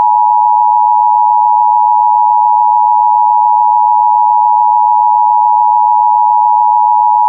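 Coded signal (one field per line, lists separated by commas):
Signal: Emergency Alert System (SAME) tones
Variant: 853 and 960 Hz attention tone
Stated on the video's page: Required Weekly Test carried on a Cox cable system.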